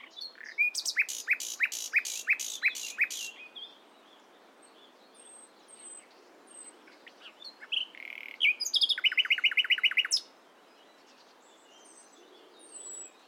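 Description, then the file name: Common nightingale singing two separate phrases: a rhythmic run of repeated sharp notes, a pause with faint high whistles, then a fast rattling trill of repeated notes. "Luscinia megarhynchos"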